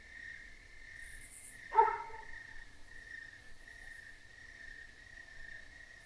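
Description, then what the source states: Crickets chirping in a steady, continuous high chorus, broken once by a short, loud, rough burst of sound. Crickets in a country field at night.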